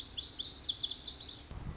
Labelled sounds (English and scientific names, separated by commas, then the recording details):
Lazuli Bunting (Passerina amoena)
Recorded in Sonoma County, California